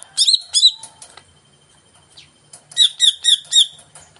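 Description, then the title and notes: Greater green leafbird song with rich slurred whistled phrases at the start, a quiet pause, then a burst of four loud ringing, warbling notes. Song of a singing-active (gacor) bird played as a lure (pancingan) to prompt a caged cucak ijo to sing when hung up. "Pancingan CUCAK IJO Mau Di Gantang. Cucak Ijo Gacor"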